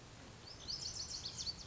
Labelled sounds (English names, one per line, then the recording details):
Lazuli Bunting
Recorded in Sonoma County, California